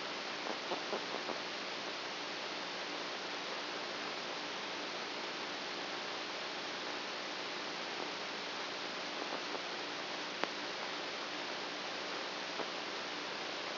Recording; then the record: brain microelectrode recording played as sound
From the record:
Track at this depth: outside the subthalamic nucleus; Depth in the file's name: 5.001 mm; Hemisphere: right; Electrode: 2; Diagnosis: Parkinson's disease